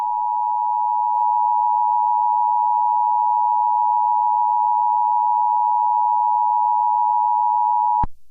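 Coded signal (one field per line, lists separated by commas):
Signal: Emergency Alert System (SAME) tones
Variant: 853 and 960 Hz attention tone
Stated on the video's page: Fictional EAS scenario about a tornado outbreak, not representing any real event, made with phone editing apps.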